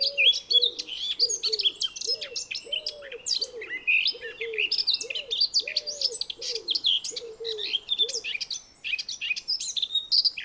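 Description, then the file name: Eurasian blackcap song, a fast, rich warble of varied high twittering notes running continuously, over a low, rapidly repeated cooing pulse until near the end. "Sylvia atricapilla"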